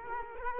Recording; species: mosquito wingbeat signal from an infrared sensor; Culex quinquefasciatus